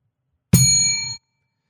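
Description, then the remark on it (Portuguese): A single bright ding from a small bell, its clear ringing overtones holding for just over half a second before stopping abruptly. No voices accompany it. “Sininho, por favor.”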